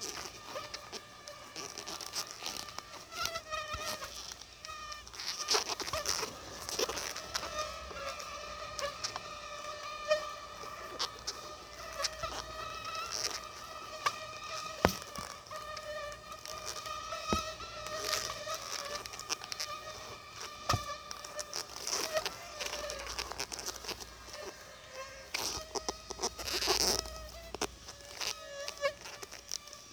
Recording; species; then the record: mosquito flight sound by mobile phone; Aedes albopictus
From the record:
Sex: female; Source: CDC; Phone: Sony Xperia